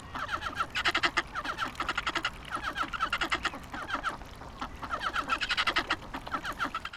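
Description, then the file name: Ducks calling, a busy chorus of nasal quacking notes repeated rapidly and overlapping throughout, with several birds heard at once. Abukuma River, Japan; 29 November 2025. "abukuma duck river 20251129"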